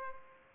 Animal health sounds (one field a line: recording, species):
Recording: mosquito wingbeat signal from an infrared sensor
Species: Culex pipiens